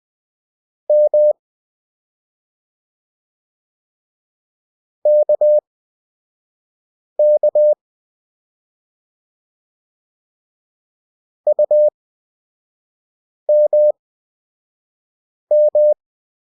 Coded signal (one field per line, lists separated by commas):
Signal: Morse code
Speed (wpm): 20 wpm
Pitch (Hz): 600 Hz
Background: none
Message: M KK UMM